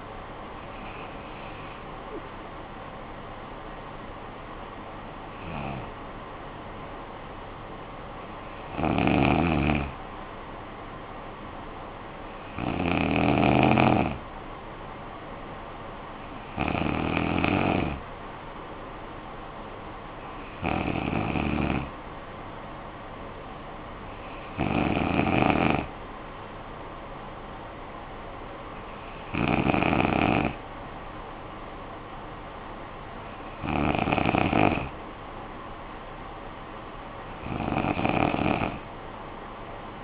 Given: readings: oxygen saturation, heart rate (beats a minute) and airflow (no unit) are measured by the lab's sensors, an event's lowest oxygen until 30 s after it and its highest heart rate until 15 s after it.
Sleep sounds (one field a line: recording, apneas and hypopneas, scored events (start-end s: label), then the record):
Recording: breathing in sleep by a voice recorder at the bedside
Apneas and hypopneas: 1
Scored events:
5.00-31.50 s: hypopnea (N1, oxygen 95% highest, then 92% lowest, heart rate 55 at the start, 61 highest)
From the record:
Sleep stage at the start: N1 (lightest sleep)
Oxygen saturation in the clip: 93 to 96%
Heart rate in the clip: 54 to 62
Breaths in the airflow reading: 10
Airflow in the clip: -10.6 to 7.1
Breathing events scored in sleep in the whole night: 445 in 7.6 hours asleep